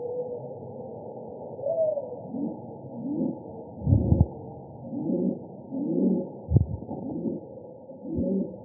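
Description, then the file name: Rock pigeon giving low, muffled coos about once a second, partly masked by a dull background rumble and several sharp knocks or bumps. Arizona. "AZFO ROPI 1 B deviche"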